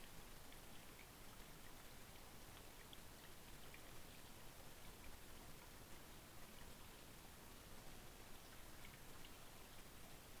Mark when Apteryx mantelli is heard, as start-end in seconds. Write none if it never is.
none